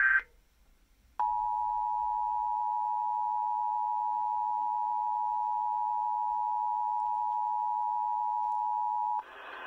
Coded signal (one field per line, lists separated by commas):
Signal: Emergency Alert System (SAME) tones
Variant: 853 and 960 Hz attention tone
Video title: EAS 1383 SVR NWS Charleston WV